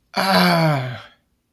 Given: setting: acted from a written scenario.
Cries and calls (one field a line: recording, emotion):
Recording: vocal sound without words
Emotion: pain